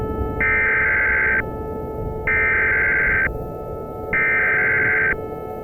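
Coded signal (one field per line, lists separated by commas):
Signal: Emergency Alert System (SAME) tones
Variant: header bursts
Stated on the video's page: Simulated EAS tornado emergency scenario with TTS voice effects.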